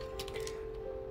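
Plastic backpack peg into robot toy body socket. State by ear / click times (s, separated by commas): seated / 0.2 s, 0.5 s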